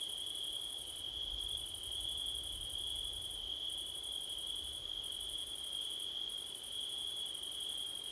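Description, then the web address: Crickets chirping in a steady high chorus, one continuous ringing tone with a pulsing higher trill that breaks off briefly every second or two; soft wind rumbles low. Crickets on a windy September night; Blumlein stereo microphone pair. "audio crickets wind september night blumlein"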